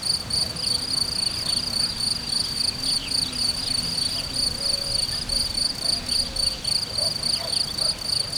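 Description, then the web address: Steady cricket chirping, shrill and rhythmic at roughly four beats per second, with scattered quiet bird notes and a low hum below. Hortobágy, 2014, in nature. "allathangok termeszetben tucsok 2014 hortobagy"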